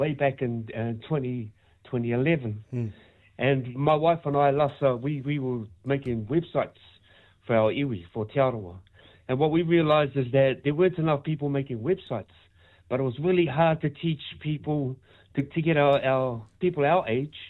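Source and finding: Adult male speaker. Typical speech.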